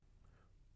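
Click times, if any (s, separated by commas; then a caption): none. A removable battery is being handled into a laptop battery compartment, bottom edge first, with the top edge about to be pressed down to lock the battery latch. Only a low, steady background hum and faint handling noise are heard. Nothing has seated or clicked yet.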